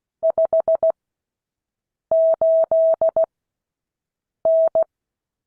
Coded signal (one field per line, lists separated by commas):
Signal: Morse code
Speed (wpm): 16 wpm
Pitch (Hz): 650 Hz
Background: none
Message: 58N